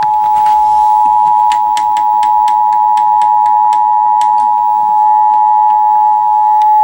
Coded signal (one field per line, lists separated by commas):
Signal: Emergency Alert System (SAME) tones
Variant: 853 and 960 Hz attention tone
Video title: NATIONAL PERIODIC TEST (2023) - EAS & WEA (EAS #1,115-1,137)